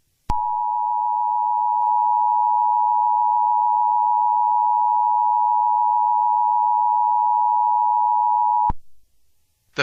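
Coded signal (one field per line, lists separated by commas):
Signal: Emergency Alert System (SAME) tones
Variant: 853 and 960 Hz attention tone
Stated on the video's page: Fictional corruption EAS scenario with glitch effects, simulated rather than a real broadcast.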